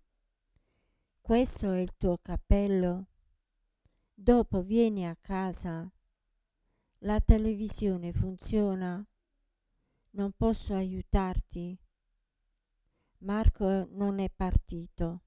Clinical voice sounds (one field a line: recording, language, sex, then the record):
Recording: read phrases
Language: Italian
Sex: female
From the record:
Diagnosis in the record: Parkinson's disease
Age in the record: 67 years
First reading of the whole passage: 79 s, 6.5 characters per second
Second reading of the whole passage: 74 s, 7.0 characters per second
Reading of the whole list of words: 72 s, 3.9 characters per second